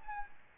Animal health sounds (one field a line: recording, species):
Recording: mosquito wingbeat signal from an infrared sensor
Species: Aedes albopictus